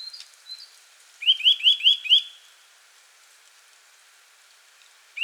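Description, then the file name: Eurasian nuthatch calling with a quick run of five bright, rising whistled notes, then silence, with a single note cut off at the very end. "Sitta europaea"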